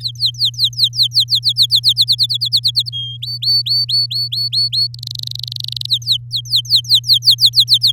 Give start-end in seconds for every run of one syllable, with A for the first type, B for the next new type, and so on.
0.00-1.93 A, 1.96-2.89 B, 2.92-3.17 C, 3.22-4.87 D, 4.94-5.86 E, 5.88-7.92 A